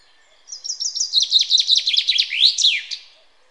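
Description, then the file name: Common chaffinch song with a faint background hiss: repeated falling notes quicken into a trill and end in a sharp downward flourish. "Fringilla coelebs"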